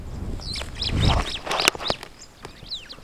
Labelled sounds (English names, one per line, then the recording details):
Superb Starling flight call
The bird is a female
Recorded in Kenya on 14 June 2010
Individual 8, of group CF1